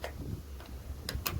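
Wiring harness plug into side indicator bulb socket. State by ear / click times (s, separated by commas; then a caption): seated / 1.1 s, 1.3 s. A plastic wiring harness connector is plugged onto the bulb socket of a side indicator on a BA/BF Ford Falcon, after the socket has been twisted into the side indicator housing. Two sharp, short clicks are heard at 1.1 s and 1.3 s, with softer handling noise before them. The connector is seated.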